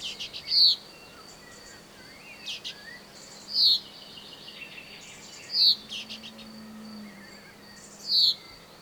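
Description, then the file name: Common chaffinch calling: four loud, short, high metallic notes spaced two to three seconds apart, against a steady high hum and faint background chirping. "Fringilla coelebs"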